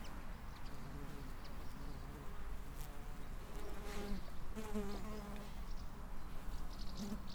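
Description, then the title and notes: Bumblebee buzzing in short low hums that come and go, growing clearer in the second half, over a soft background with a few faint high bird notes. Bumblebees on lavender flowers in the courtyard of a parish house, Branišov, Ústí, Czechia. "Branišov 7, 588 42 Ústí, Czechia - čmeláci na květech. Čmeláci na květech levandule na dvoře fary"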